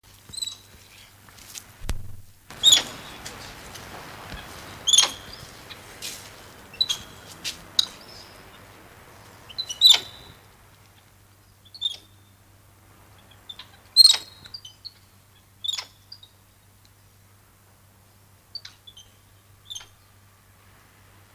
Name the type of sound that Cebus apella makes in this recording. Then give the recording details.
call. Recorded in captivity. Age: adult. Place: Zoo Rostock, Mecklenburg-Vorpommern, DE. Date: 1984-02-02 14:43. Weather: overcast, 2°C. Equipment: Nagra SN, Kopie Uher 4000 Report Monitor. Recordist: Tembrock, Günter